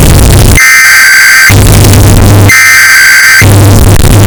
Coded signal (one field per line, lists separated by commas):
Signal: Emergency Alert System (SAME) tones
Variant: header bursts